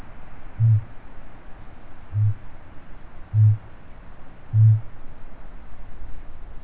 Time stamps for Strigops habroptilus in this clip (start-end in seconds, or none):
0.00-4.92